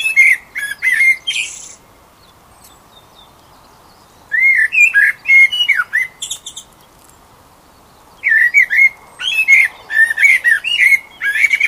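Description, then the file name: Eurasian blackbird song: three phrases of fluted whistles mixed with high, scratchy twittering, separated by quiet pauses. "Turdus merula"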